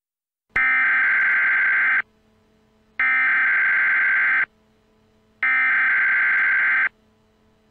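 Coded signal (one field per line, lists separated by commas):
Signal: Emergency Alert System (SAME) tones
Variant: header bursts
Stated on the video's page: Simulated EAS scenario, fictional.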